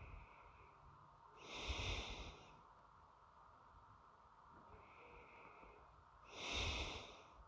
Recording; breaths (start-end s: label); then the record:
nose breathing near a microphone
0.00-1.23 s: inhalation
1.23-2.71 s: exhalation
4.45-6.10 s: inhalation
6.10-7.47 s: exhalation
From the record:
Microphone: phone